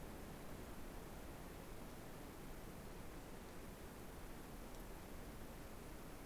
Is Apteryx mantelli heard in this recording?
no